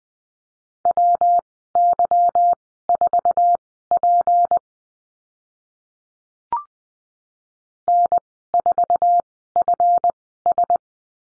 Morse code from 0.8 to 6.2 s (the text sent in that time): WY4P